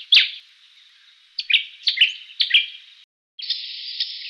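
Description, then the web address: Yellow-faced honeyeater calls, a loud chirp followed by a cluster of about six slurred notes. Recorded in a Canberra garden. "canberra-garden-birds honeyeaters yellow-faced-honeyeater"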